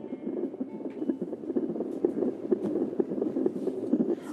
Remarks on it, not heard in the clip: On the day ward now, and the sound is the trace of the baby's heartbeat, which is being checked up at the moment. They tested my blood pressure about an hour ago, and it's still a bit high. So I'm 39 weeks today. I'm on the day ward in Hollis Street.